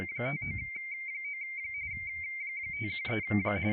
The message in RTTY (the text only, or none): 599 513